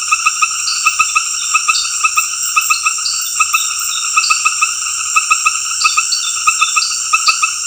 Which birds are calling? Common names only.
none